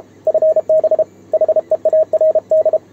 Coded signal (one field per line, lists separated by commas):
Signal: Morse code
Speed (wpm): 32 wpm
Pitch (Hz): 630 Hz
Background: none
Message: FB HEARD